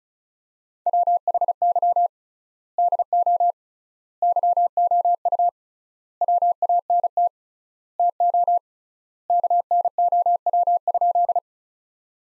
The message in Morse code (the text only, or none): WHY DO YOU WANT TO KNOW?